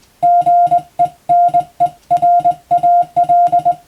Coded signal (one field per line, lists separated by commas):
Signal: Morse code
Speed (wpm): 21 wpm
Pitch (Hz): 700 Hz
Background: music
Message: GENERAL